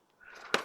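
A plastic servo-type connector for the vertical stabilizer of a Radiolink A560 RC plane is pushed into its socket. After a soft rising rustle, a sharp click sounds at 0.5 s as the plug pops and snaps into place, seated.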